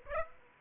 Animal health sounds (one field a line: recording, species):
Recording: mosquito wingbeat signal from an infrared sensor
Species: Aedes aegypti